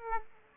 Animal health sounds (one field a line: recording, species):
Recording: mosquito wingbeat signal from an infrared sensor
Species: Aedes aegypti